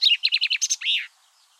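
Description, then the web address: Common chaffinch song fragment: a short run of quick downward-slurred notes repeated several times, closing with a longer slurred flourish, then quiet. "Deverinetal 2025 File origin Bird Only Fr Co"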